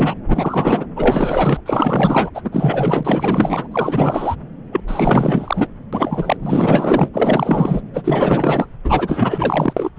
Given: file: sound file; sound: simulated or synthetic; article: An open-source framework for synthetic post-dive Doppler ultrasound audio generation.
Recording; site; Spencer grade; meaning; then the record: Doppler ultrasound audio after a dive; subclavian; 4; Maximum detectable bubble signal sounding continuously throughout systole and diastole of every cardiac period, and overriding the amplitude of the normal cardiac signals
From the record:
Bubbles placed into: full cardiac cycles